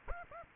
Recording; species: mosquito wingbeat signal from an infrared sensor; Aedes aegypti